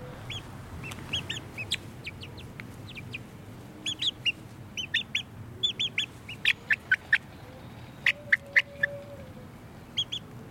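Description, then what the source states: Chicken chicks peeping: thin high peeps in irregular bursts, some rapid and doubled, over a steady low rumble. Young chicks in a backyard while the family searches the garden for worms; Sunday, March 29, about 12:15 in the afternoon; rain just stopped, sunny and windy.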